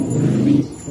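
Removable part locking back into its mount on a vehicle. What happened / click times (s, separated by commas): Part pushed against its mount, not yet locked; no click / none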